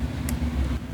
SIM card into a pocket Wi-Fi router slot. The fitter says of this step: at nag-click. Narinig niyo ba yung click? Mahina lang yung click but it did click.